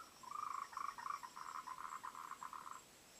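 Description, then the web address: Frog croaking in a fast series of short pulsed notes, several bursts in a row, then stopping. "voice cam frogs"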